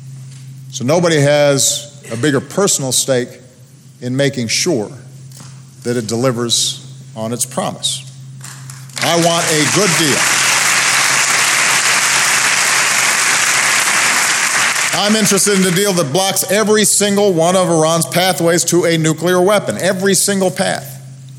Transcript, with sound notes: so nobody has a bigger personal stake in making sure that it delivers on its promise. (Applause.) I want a good deal.
I'm interested in a deal that blocks every single one of Iran's pathways to a nuclear weapon -- every single path.